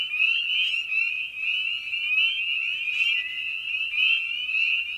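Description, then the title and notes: Spring peeper chorus, a continuous shrill wash of rising peeps. Evening at a frog pond; presented in a modified format intended as a sleep aid. "Night of the Peepers. Spring Peeper (Pseudacris crucifer). Ian Carlsen"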